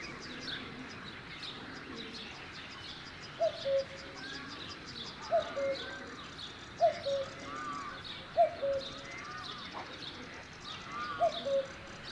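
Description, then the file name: Cuckoo calling a two-note descending cu-coo, repeated five times, with faint chirps of other birds in the background. "minutes of cuckoos"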